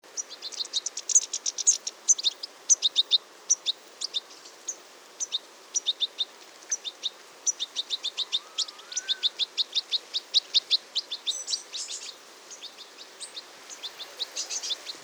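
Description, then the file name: European goldfinch calls, a rapid run of high, bright, liquid twittering notes in quick bursts throughout, with brief pauses. "Carduelis carduelis"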